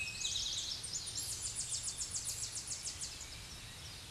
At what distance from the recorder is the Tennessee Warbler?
about 35 m